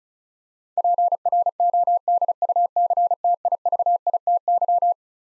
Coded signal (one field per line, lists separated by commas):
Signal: Morse code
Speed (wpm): 36 wpm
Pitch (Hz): 700 Hz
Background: none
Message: PRODUCTIVITY